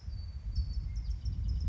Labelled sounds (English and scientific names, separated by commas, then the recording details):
California Towhee (Melozone crissalis)
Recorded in Sonoma County, California